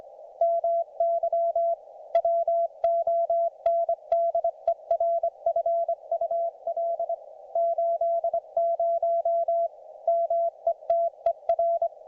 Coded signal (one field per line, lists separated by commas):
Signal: Morse code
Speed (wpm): 25 wpm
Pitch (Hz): 680 Hz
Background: none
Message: MY WONDERFUL 80 METER